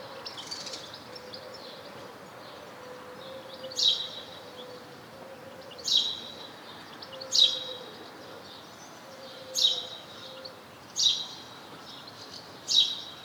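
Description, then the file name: House sparrow giving six single bright chirps at uneven intervals after a quiet first four seconds, with a faint, broken low hum underneath. "Passer domesticus"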